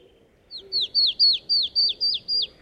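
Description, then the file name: Marsh tit repeating eight sharp, falling high notes in an even string, louder toward the middle, with quiet low background noise. "Poecile palustris"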